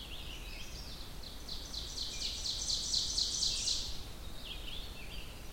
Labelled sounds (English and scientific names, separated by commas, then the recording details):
Ovenbird (Seiurus aurocapilla) song
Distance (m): 45 m
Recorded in boreal forest in Alberta, Canada, on 16 June 2016 at 05:48
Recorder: SongMeter 3, array SBT-3-32
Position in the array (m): 136 m, 3 m
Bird 36